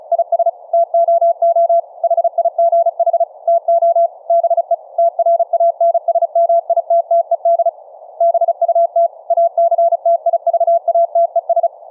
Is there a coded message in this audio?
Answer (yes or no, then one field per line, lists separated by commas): yes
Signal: Morse code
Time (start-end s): 0.1-11.7 s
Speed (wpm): 36 wpm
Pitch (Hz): 680 Hz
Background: none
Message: IS TOO HIGH TO BE TRANSMITTED BUT ACTIVATES